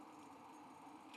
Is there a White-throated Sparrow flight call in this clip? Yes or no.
no